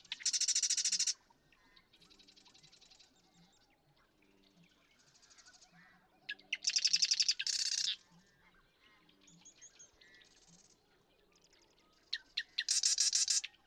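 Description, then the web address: Marsh Wren song: three loud rattling trills spaced several seconds apart, with softer buzzy songs filling the gaps. "birdsongforthecurious Marsh Wren"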